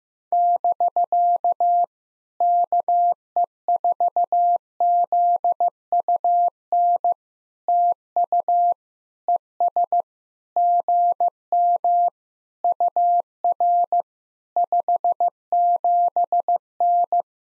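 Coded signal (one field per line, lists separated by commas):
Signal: Morse code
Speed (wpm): 15 wpm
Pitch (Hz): 700 Hz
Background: none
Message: <BK> KE4ZUN TU ES GM UR 57N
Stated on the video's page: POTA exchange practice drill in Morse at 15 wpm, each exchange sent, spoken, then sent again.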